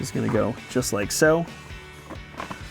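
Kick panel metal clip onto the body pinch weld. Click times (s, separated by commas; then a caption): 2.4 s, 2.5 s. Someone talks while a plastic kick panel on a 1999-2004 Mustang GT is slid back into place so its metal clip goes over the outside of the body pinch weld. Two short clicks follow at about 2.4 s and 2.5 s as the clip seats onto the pinch weld.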